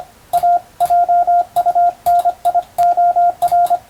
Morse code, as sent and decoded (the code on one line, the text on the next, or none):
.- / .--- ..- -. .. --- .-.
A JUNIOR